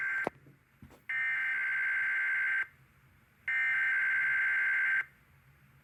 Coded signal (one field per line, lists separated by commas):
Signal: Emergency Alert System (SAME) tones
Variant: header bursts